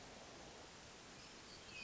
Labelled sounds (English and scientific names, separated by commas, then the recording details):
Hermit Thrush (Catharus guttatus)
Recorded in Sonoma County, California